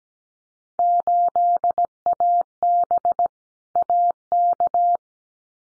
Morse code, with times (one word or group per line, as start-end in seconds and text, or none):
0.8-3.3 8AB
3.8-5.0 AK